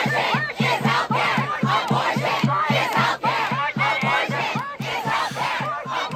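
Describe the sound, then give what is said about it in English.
A loud crowd of protesters from both sides of the abortion debate shouting over each other outside the US Supreme Court at night, reacting to a leaked document on overturning Roe v. Wade; many voices overlap in a steady, rhythmic clamour with chant-like pulses that never let up. “There were groups of protesters on each side of the debate shouting over each other in reaction to the news.”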